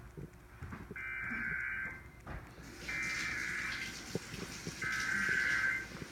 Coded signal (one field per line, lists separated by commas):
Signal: Emergency Alert System (SAME) tones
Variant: header bursts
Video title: Required Monthly Test EAS #4